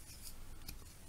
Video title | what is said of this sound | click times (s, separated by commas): Transformers Titans Return: Deluxe Class Skullsmasher Review | ahead and take the claws, flip them up, and they'll actually click into place. | 0.7 s